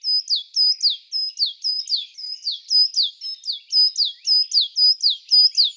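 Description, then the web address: Coal tit calling: high, thin two-part notes, each a steady whistle dropping sharply, repeated in a steady run. "Parus ater"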